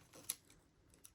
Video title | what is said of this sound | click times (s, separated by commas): INSTALLATION OF THE TACO MOTO CO TIDY TAIL ON THE 20+ HUSQVARNA FEs | and it'll click right in and it'll stay and be secure and once that's in you can figure out where you want to put this | 0.3 s